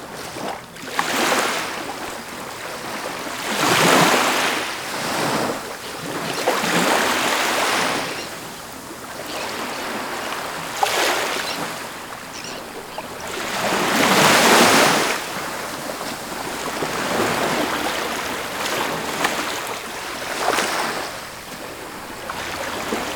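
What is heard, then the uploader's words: Splashy waves break close by against a cliff, surging in repeated bright washes every few seconds, strongest near fourteen seconds, between quieter hissing lulls. Splashy Waves Near Cliff.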